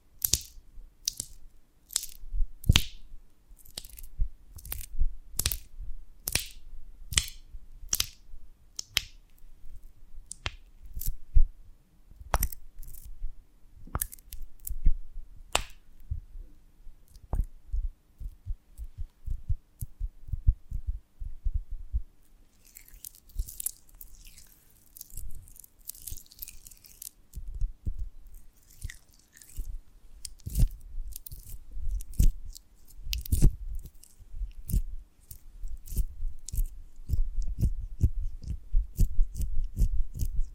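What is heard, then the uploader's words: Honeycomb on a branch is handled in a crisp series of sharp cracking and crunching clicks, quick and fairly regular in the first fifteen seconds, then sparser and softer. Around 23 to 27 seconds a brief hissy rustle appears, and low thumps grow heavier toward the end. ASMR of a Honeycomb on Branch (No Talking).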